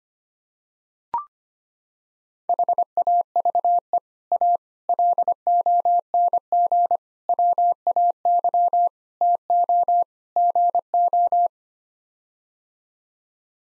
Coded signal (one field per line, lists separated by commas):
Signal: Morse code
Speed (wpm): 25 wpm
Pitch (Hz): 700 Hz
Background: none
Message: HAVE A LONG WAY TO GO